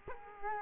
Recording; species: mosquito wingbeat signal from an infrared sensor; Culex quinquefasciatus